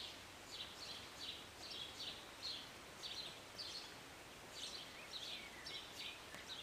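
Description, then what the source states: Birds chirping, short high notes in irregular bursts across the whole stretch, over constant rain hiss. Birds singing and chirping on a Sunday morning during short rain, heard from a city balcony.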